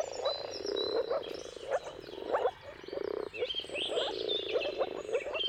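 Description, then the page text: Moor frogs giving short, soft bubbling calls, repeated in loose bursts, while birds whistle and trill higher above. Many moor frogs in a mating chorus at sunrise, at the turn of March and April depending on the weather. "Jakub-Orzecki moor frogs. Depending on the weather at the turn of March and April, you can witness an amazing spectacle of moor frogs"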